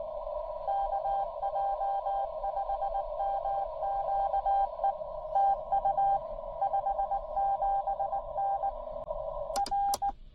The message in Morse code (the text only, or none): KJ5MQE TU 57N R